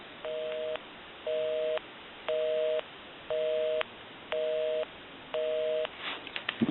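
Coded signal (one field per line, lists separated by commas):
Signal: telephone call progress tone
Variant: North America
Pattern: busy tone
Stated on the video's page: Call progress tone from a vintage rotary dial Mickey Mouse telephone during initial checkout and repair.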